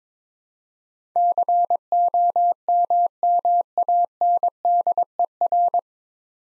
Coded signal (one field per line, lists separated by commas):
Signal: Morse code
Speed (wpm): 22 wpm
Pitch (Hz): 700 Hz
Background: none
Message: COMMANDER